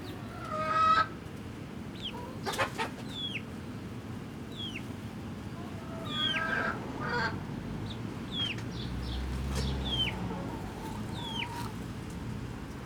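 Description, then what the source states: Chickens calling, a low harmonic cluck near the start followed by scattered high, sharp descending peeps of chicks over a steady background hum. Hens and chicks in a henhouse in the Atelier 34zero museum garden, Jette, Brussels, Belgium; recorded with DPA 4060 microphones in AB position to a Zoom F3.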